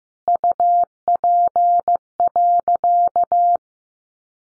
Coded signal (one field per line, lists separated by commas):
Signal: Morse code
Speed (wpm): 15 wpm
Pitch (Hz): 700 Hz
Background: none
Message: UP.